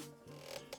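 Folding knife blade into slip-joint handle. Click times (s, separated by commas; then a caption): 0.7 s. A blade of a two-blade Browning slip-joint trapper pocket knife, with a stainless steel blade about two and three quarter inches long, nickel silver bolsters and zebra wood scales, is folded into its handle, which has no locking mechanism. Over a faint steady tonal hum, the blade gives a short, sharp snap at 0.7 s as it seats into its detent.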